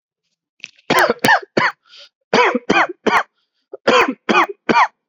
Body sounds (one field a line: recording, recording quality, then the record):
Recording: shallow voluntary cough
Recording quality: excellent, no background noise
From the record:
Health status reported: COVID-19 positive, mild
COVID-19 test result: positive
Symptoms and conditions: cough, sore throat, loss of smell and taste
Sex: male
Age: 32 years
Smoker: not ticked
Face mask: not worn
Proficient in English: yes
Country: India